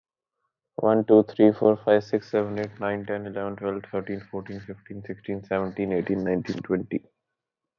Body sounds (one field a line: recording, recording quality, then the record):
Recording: counting at a normal pace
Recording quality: excellent, no background noise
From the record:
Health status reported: COVID-19 positive, mild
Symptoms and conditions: none ticked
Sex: male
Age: 23 years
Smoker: not ticked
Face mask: not worn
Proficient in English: yes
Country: India